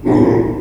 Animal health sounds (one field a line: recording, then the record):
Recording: squeal of a Yucatan mini pig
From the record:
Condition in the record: before surgery on the right vocal fold (resection and tissue-engineered implant)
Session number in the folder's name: 1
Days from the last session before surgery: -3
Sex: male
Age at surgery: 12 weeks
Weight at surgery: 13 kg